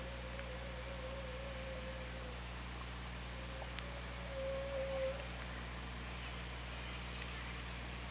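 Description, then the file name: Killer whale call, a level tonal note drawn out for two seconds, then returning briefly and a little louder, over steady low humming background noise. Recorded on the OrcaLab hydrophone, 24 August 2017 at 15:06:51. "Orca Lab 20170824 150651"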